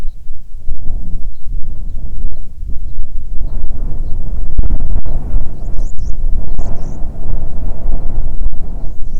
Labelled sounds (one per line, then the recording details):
bird
wind
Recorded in the Arctic National Wildlife Refuge, Alaska, on 9 July 2019 at 22:24
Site 48